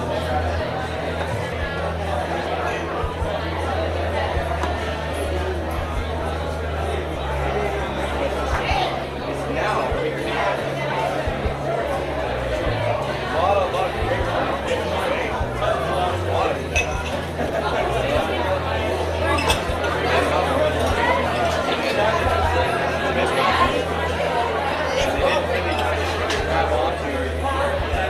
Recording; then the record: background sound without coughing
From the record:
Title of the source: CITY SOUNDS Busy Bar in the Evening Night - 2 HOURS of Ambiance for Relaxation